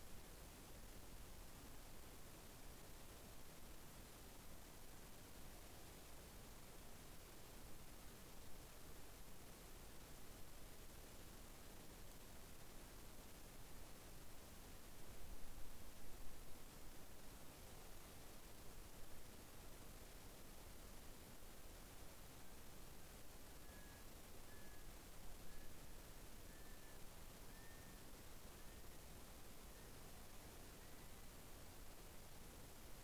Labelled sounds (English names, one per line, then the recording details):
North Island Brown Kiwi male call
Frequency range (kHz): North Island Brown Kiwi 0.5-7.0 kHz
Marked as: faintness 5/5
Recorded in New Zealand on 2 February 2014
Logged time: 22:59
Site CA73